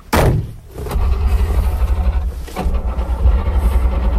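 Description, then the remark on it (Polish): A sharp thud comes first, then the engine of an old Syrena car catches and settles into a loud, low, uneven rumbling idle with a steady throbbing pulse. “To co, spróbujemy się przejechać? No, jedziemy. Odpalimy maszynę.”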